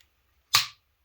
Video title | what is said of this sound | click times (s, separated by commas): The Morakniv Eldris Is The Perfect Knife For Any Outdoor Activity! | Hear that? It actually clicks in. | 0.5 s